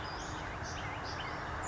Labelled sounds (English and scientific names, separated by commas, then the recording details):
Western Flycatcher (Empidonax difficilis)
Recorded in Sonoma County, California